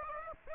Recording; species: mosquito wingbeat signal from an infrared sensor; Aedes aegypti